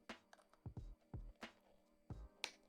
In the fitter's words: there we go snaps into place